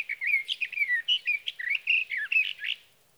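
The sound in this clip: Sage thrasher song: a hurried series of clear, slurred whistles and warbles, each note quickly following the last.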